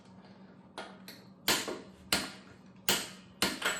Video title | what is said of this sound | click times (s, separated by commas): 2000 Honda Shadow Fix - Part#1 | All right. Two clicks. We know she's there. | 2.1 s, 3.4 s